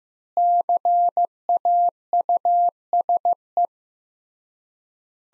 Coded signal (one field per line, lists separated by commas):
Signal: Morse code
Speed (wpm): 15 wpm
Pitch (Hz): 700 Hz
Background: none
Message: CAUSE